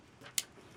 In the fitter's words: and locks nice and smooth.